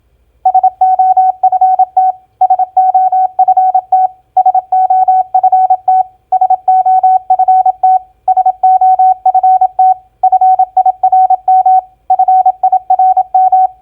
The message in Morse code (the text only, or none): SOFT SOFT SOFT SOFT SOFT FIRM FIRM